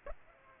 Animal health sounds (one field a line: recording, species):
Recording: mosquito wingbeat signal from an infrared sensor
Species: Aedes aegypti